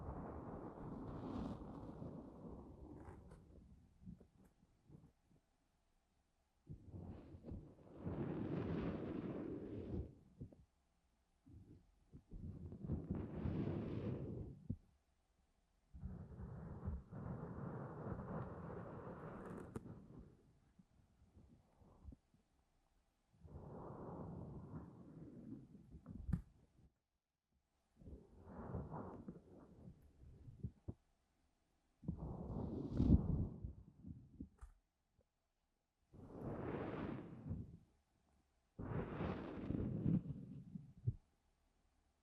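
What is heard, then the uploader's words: Deep, muffled scratching of ear cleaning comes in about ten rumbling bursts of a few seconds each, separated by short silences. ASMR DEEP Ear Cleaning No talking 시원한 모래 귀청소.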